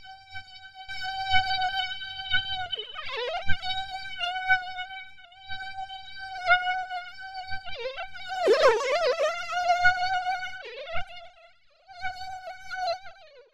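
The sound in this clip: Mosquito buzz, a whining drone with repeated dips and wobbles in pitch, one loud swooping pass in the middle and short gaps, with low rumbling underneath.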